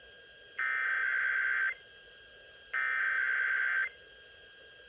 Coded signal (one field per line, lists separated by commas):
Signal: Emergency Alert System (SAME) tones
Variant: header bursts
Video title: [EAS #1835-#1837] Sunday & Halloween Weekly Tests